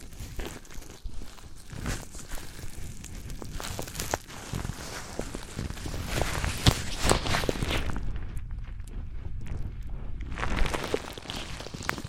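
Objects of wood, cork, sponge, foam, glass and plastic are handled and knocked together, giving a steady run of irregular taps, scrapes and crinkly rubbing. The activity peaks around six to eight seconds, thins to sparse clicks, then returns busier near the end.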